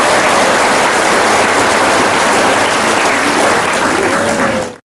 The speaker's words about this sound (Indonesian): Makasih ya. Kasih tepuk tangan dulu deh.